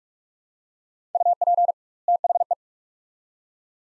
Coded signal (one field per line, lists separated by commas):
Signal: Morse code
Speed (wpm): 46 wpm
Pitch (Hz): 700 Hz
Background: none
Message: UP THE